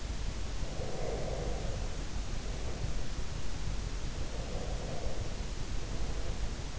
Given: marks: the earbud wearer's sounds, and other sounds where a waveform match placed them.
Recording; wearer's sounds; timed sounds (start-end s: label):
sounds in sleep by an in-ear microphone; breath
0.70-2.88 s: breath
4.14-6.26 s: breath